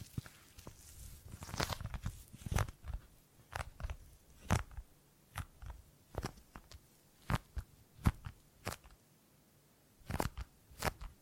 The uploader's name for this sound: Gripping and Grabbing Sounds